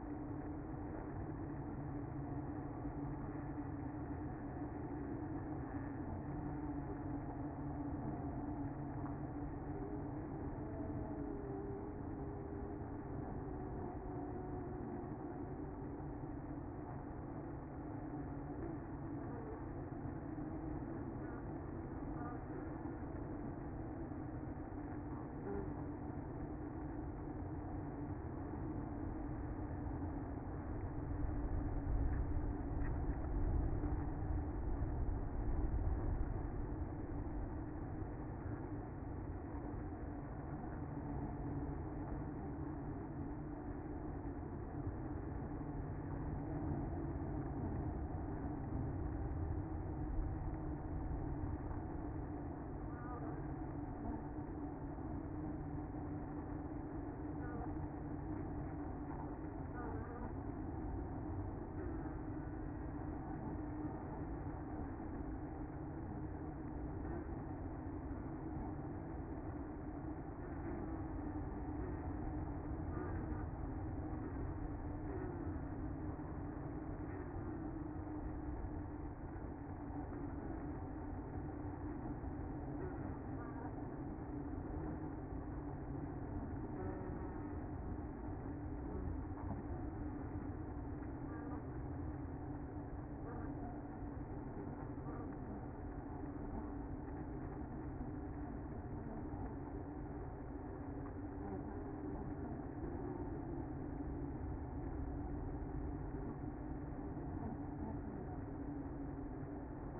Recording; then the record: honeybee colony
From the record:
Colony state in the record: active